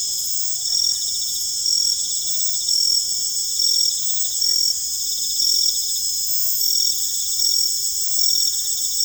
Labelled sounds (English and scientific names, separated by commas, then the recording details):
none
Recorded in secondary vegetation near Puerto Asís, Putumayo, Colombia, on 21 December 2024 at 19:00
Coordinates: 0.468, -76.324
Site G095